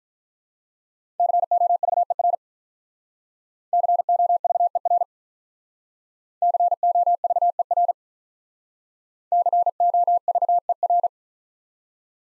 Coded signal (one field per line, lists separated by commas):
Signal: Morse code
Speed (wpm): 46 wpm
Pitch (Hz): 700 Hz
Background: none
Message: COVER COVER COVER COVER